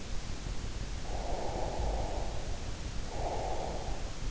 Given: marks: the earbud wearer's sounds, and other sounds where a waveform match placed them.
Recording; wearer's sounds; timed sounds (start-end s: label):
sounds in sleep by an in-ear microphone; breath
1.15-4.12 s: breath